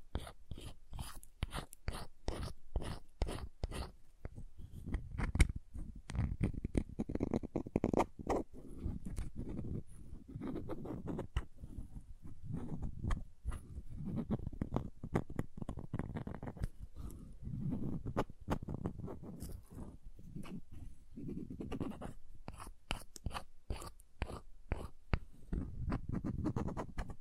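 Crayons tap and scrape in quick, irregular clicks throughout, with soft low scratching and rubbing strokes filling the gaps between sharper taps.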